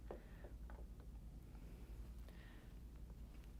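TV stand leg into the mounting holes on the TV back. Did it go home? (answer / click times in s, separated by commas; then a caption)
no / none. The pin and hook of an LG TV stand leg are fitted into the mounting holes on the back of the TV, and the leg is rotated counterclockwise into position before being slid home. Only small, soft handling taps are heard over a steady low hum. Nothing has locked or clicked yet.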